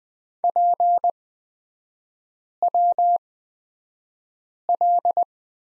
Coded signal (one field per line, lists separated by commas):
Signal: Morse code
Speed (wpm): 20 wpm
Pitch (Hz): 700 Hz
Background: none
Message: PWL